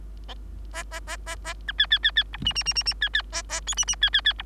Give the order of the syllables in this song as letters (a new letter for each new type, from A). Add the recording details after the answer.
A A A A A B C C C C D E E E E E C C A A F E E C C C D. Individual Bird3